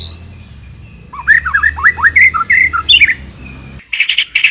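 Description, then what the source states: White-rumped shama song: rapid varied phrases of slurred whistles and chattering notes around the middle pitch range, ending in harsh buzzy bursts, with a low hum underneath. Long-duration lure recording (pikat) of white-rumped shama song.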